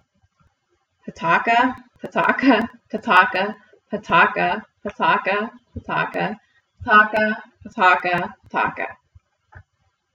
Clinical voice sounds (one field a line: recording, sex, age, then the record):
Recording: repeated syllables /pa ta ka/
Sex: female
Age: 30 to 39 years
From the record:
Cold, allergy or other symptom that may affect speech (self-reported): no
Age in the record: 32 years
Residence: Ohio, United States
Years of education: 20